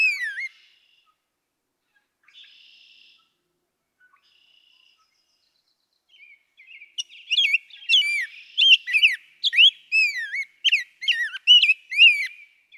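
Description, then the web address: Rose-breasted Grosbeak song, a brief whistle and quiet gap, then a lively flowing warble of sweet slurred notes during the last half. "birdsongforthecurious songs Rose-breasted Grosbeak"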